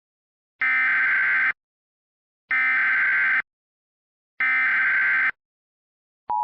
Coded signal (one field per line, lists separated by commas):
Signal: Emergency Alert System (SAME) tones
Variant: header bursts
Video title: EAS - Youkai Invasion